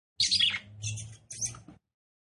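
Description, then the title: Red-cowled cardinal: a burst of high, scratchy chirps in three parts, with a low hum underneath. Female song, described as fiery and nervous, said to quickly arouse and excite a male. "CANTO DA FÊ MEA GALO CAMPINA FOGOSA LEVANTA FOGOESQUENTA GALO CAMPINA MACHO RAPIDINHO FÊ MEA NERVOSA"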